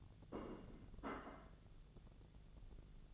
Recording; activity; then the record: daily activity, microphone in the room; place plate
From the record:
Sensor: 4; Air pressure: 1001.0 hPa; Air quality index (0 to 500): 146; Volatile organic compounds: 2 ppm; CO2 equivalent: 1073 ppm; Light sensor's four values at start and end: 25/61/25/27 and 25/61/25/27